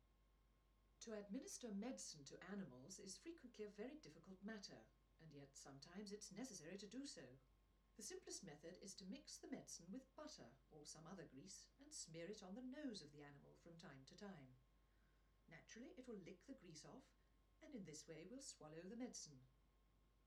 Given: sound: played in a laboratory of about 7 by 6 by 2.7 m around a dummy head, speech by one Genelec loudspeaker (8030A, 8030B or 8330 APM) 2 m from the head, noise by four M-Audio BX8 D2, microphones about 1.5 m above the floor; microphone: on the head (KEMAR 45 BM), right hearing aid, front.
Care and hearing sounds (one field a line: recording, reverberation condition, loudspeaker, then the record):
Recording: female speech in English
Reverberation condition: low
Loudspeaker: in front (0 degrees)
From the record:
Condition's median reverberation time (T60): about 310 ms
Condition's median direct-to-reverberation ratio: about 3.5 dB